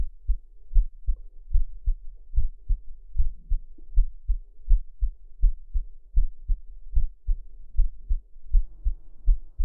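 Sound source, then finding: Heart heard at the chest. Normal heartbeat.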